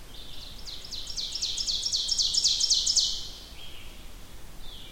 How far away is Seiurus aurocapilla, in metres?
about 25 m